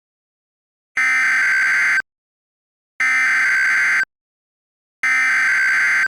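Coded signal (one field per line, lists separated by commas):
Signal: Emergency Alert System (SAME) tones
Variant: header bursts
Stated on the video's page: Fictional EAS scenario.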